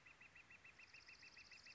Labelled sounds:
Northern Flicker (Colaptes auratus)
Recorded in Sonoma County, California

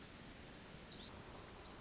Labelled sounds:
Black-throated Gray Warbler (Setophaga nigrescens)
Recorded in Sonoma County, California

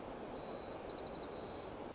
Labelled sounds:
White-crowned Sparrow (Zonotrichia leucophrys)
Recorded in Sonoma County, California

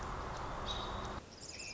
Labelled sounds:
American Robin (Turdus migratorius)
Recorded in Sonoma County, California

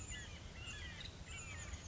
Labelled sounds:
Chestnut-backed Chickadee (Poecile rufescens)
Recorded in Sonoma County, California

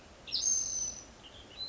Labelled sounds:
Western Tanager (Piranga ludoviciana)
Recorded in Sonoma County, California

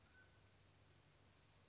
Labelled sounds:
Mountain Quail (Oreortyx pictus)
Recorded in Sonoma County, California

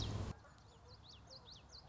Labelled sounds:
Common Yellowthroat (Geothlypis trichas)
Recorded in Sonoma County, California

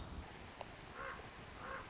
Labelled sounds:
Common Raven (Corvus corax)
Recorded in Sonoma County, California

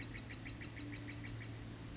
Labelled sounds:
California Towhee (Melozone crissalis)
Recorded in Sonoma County, California

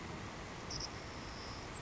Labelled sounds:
Savannah Sparrow (Passerculus sandwichensis)
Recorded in Sonoma County, California

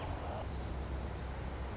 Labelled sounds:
Song Sparrow (Melospiza melodia)
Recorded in Sonoma County, California

